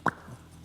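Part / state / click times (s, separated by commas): aluminum mohawk shell onto its pressure-fit mount / seated / 0.1 s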